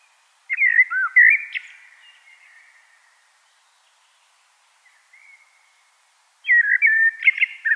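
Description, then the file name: Common blackbird singing a fluted warbling phrase, pausing for several seconds, then giving another melodious phrase of looping whistled notes. "Turdus merula"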